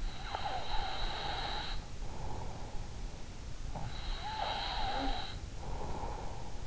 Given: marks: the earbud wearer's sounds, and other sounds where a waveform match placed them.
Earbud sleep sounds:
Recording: sounds in sleep by an in-ear microphone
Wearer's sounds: breath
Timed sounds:
0.00-2.45 s: breath
3.54-6.62 s: breath

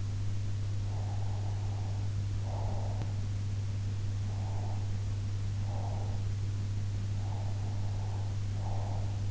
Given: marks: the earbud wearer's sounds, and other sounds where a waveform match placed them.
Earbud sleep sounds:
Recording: sounds in sleep by an in-ear microphone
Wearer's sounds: breath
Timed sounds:
0.91-3.05 s: breath
4.23-6.23 s: breath
7.20-9.31 s: breath

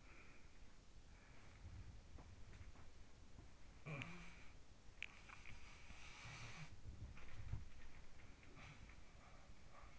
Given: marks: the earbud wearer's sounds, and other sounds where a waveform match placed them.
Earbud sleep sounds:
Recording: sounds in sleep by an in-ear microphone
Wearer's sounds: breath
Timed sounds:
0.00-2.14 s: breath
2.15-3.62 s: sound from someone else or the room
3.76-9.99 s: sound from someone else or the room

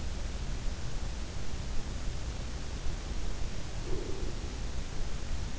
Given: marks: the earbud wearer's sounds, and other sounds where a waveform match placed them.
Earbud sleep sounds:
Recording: sounds in sleep by an in-ear microphone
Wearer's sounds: breath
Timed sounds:
3.72-4.82 s: breath

